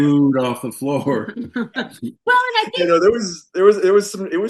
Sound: laughs

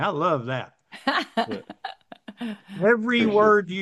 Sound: laughs

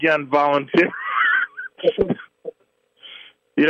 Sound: laughs

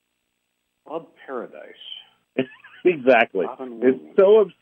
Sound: laughs

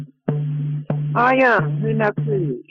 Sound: chants

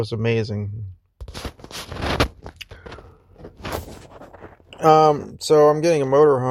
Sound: microphone rustles

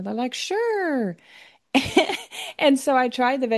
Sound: laughs

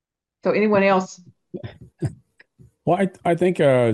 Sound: laughs

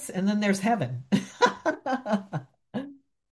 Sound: laughs

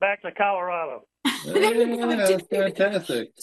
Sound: laughs

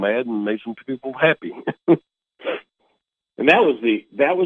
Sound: laughs

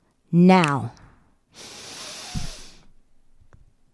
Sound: inhales

